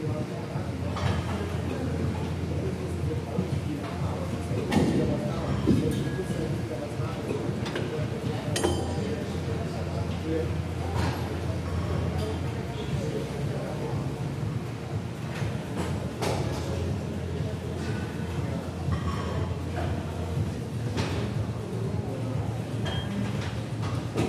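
Gym ambience fills the clip with a dense, steady murmur of voices and a low, constant hum from machines, likely treadmills. Sharp metallic clinks of weights break through now and then, notably around five, nine and sixteen seconds, over an unbroken background.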